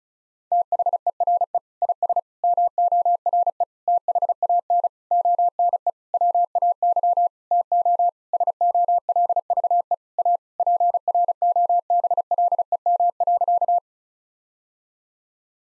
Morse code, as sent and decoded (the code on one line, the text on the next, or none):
- .... . .-. . / .. ... / -- --- .-. . / - .... .- -. / --- -. . / .-- .- -.-- / - --- / ... --- .-.. ...- . / .- / .--. .-. --- -... .-.. . -- .-.-.-
THERE IS MORE THAN ONE WAY TO SOLVE A PROBLEM.